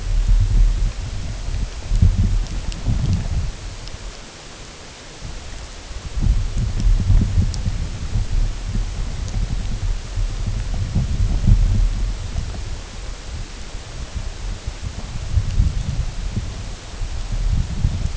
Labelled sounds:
none
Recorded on Arctic tundra, site UTQI-8, on 16 June 2019
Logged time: 00:00

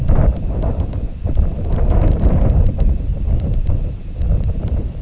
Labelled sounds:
none
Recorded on Arctic tundra, site IGLO-D, on 19 June 2018
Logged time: 22:00

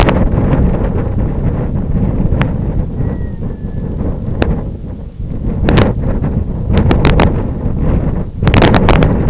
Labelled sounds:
Red-throated Loon
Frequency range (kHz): Red-throated Loon 0.6-2.5 kHz
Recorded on Arctic tundra, site IGLO-F, on 26 June 2018
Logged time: 08:00

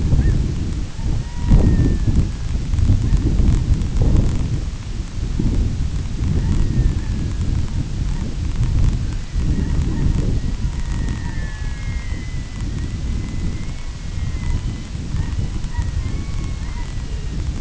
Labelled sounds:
unidentified sound
Red-throated Loon
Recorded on Arctic tundra, site IGLO-A, on 22 June 2018
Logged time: 17:59

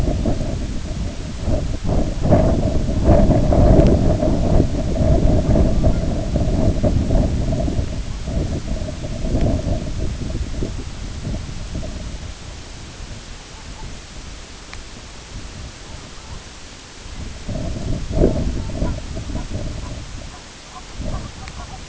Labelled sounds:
Long-tailed Duck
unidentified sound
Red-throated Loon
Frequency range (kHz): Long-tailed Duck 0.5-2.3 kHz; Red-throated Loon 0.5-2.1 kHz
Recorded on Arctic tundra, site IGLO-B, on 21 June 2018
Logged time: 07:59

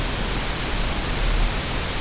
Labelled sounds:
none
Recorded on Arctic tundra, site UTQI-5, on 21 June 2018
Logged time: 14:00

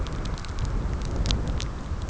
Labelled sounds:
none
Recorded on Arctic tundra, site CORI-1, on 15 June 2018
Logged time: 12:00

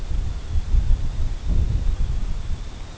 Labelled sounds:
none
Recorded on Arctic tundra, site CORI-1, on 21 June 2018
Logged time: 00:00

